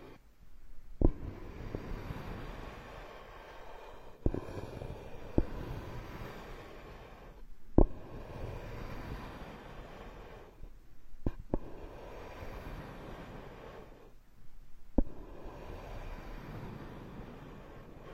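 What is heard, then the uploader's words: Ear picking and massage sounds: dense low scraping and rubbing that swells and fades, broken by sharp clicks near 1, 4, 8, 11 and 15 seconds. Tree Ear Picking Supreme Spa Ear Massage.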